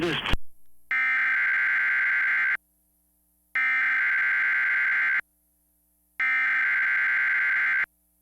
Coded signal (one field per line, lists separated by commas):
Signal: Emergency Alert System (SAME) tones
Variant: header bursts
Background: speech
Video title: The Weather Channel - EAS and Frankfort, KY Local Forecast - 12/17/2016 2:46pm